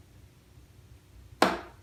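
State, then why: Released. A plastic mirror cap on the side mirror housing of a MK7 Golf is pried loose, and at 1.4 s one of its clips gives a single sharp click as it opens and releases the cap. Before the click there is only a quiet, low background hum, and the click fades out quickly afterward.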